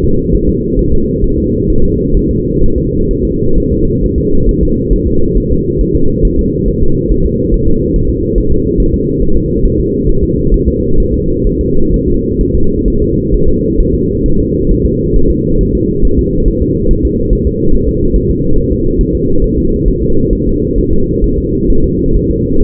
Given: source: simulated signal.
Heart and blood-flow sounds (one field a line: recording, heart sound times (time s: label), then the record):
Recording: fetal heart sounds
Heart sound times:
0.05 s: S2
0.35 s: S1
0.49 s: S2
0.79 s: S1
0.93 s: S2
1.24 s: S1
1.38 s: S2
1.70 s: S1
1.84 s: S2
2.17 s: S1
2.31 s: S2
2.64 s: S1
2.78 s: S2
3.11 s: S1
3.25 s: S2
3.58 s: S1
3.72 s: S2
4.04 s: S1
4.18 s: S2
4.49 s: S1
4.63 s: S2
4.93 s: S1
5.08 s: S2
5.37 s: S1
5.52 s: S2
5.81 s: S1
5.95 s: S2
6.25 s: S1
6.39 s: S2
6.68 s: S1
6.83 s: S2
7.11 s: S1
7.26 s: S2
7.54 s: S1
7.68 s: S2
7.96 s: S1
8.10 s: S2
8.38 s: S1
8.52 s: S2
8.80 s: S1
8.94 s: S2
9.22 s: S1
9.37 s: S2
9.65 s: S1
9.80 s: S2
10.09 s: S1
10.23 s: S2
10.54 s: S1
10.68 s: S2
11.00 s: S1
11.14 s: S2
11.47 s: S1
11.61 s: S2
11.94 s: S1
12.08 s: S2
12.41 s: S1
12.55 s: S2
12.88 s: S1
13.02 s: S2
13.34 s: S1
13.48 s: S2
13.80 s: S1
13.95 s: S2
14.26 s: S1
14.40 s: S2
14.71 s: S1
14.86 s: S2
15.16 s: S1
15.30 s: S2
15.61 s: S1
15.75 s: S2
16.05 s: S1
16.19 s: S2
16.48 s: S1
16.62 s: S2
16.91 s: S1
17.05 s: S2
17.33 s: S1
17.47 s: S2
17.75 s: S1
17.89 s: S2
18.16 s: S1
18.30 s: S2
18.58 s: S1
18.72 s: S2
19.01 s: S1
19.15 s: S2
19.44 s: S1
19.58 s: S2
19.88 s: S1
20.02 s: S2
20.33 s: S1
20.47 s: S2
20.78 s: S1
20.93 s: S2
21.24 s: S1
21.38 s: S2
21.70 s: S1
21.84 s: S2
22.16 s: S1
22.31 s: S2
22.63 s: S1
From the record:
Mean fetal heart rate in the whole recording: 135 bpm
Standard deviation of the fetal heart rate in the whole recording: 3 bpm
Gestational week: 36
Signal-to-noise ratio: -17.7 dB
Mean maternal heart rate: 72 bpm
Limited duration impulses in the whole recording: present